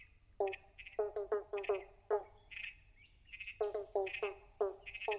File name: Pobblebonk Frogs Chorus